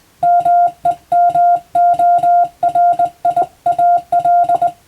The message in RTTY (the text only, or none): none